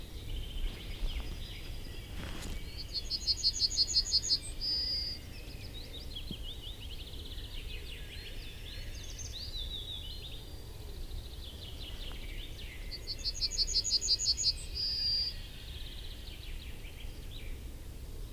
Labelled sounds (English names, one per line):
Yellowhammer